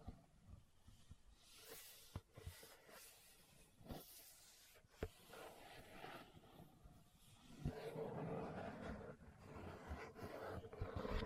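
Leather is tapped and scratched in an uneven run of dry, rustling strokes, with sharp taps standing out near 2, 4, 5 and 7.5 seconds. After about eight seconds the scratching becomes louder and denser, a continuous hissing scrape with a few quick clicks.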